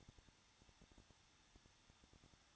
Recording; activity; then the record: daily activity, microphone in the room; no activity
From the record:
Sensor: 3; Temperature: 21.2 degrees Celsius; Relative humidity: 36.4%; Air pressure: 1006.4 hPa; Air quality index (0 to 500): 223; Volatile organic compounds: 43 ppm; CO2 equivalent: 3196 ppm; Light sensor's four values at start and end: 2/3/2/2 and 2/3/2/2